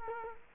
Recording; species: mosquito wingbeat signal from an infrared sensor; Culex quinquefasciatus